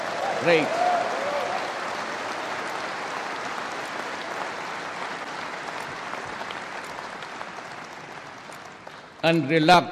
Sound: applause